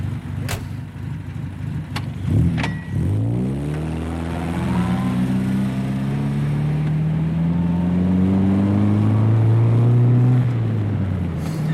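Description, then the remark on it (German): A car door thumps shut a couple of times, then an engine starts and revs, its pitch climbing steadily as the car pulls away from the edge of a town and accelerates, heading from The Hague towards Amsterdam, loud and continuous with no talking. “Trotzdem muss ich sagen, dass ich nur unter Protest in so ein Auto steige.”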